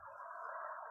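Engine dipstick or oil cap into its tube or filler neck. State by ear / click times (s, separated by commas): not seated / none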